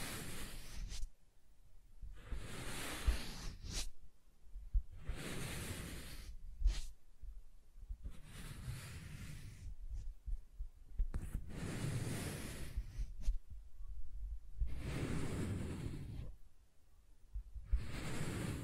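Soft tracing strokes move across a surface in repeated sweeps, each lasting about a second or two with brief pauses between. The strokes rise into a bright, airy hiss, while a low, muffled rumble runs underneath, with occasional faint taps and thumps.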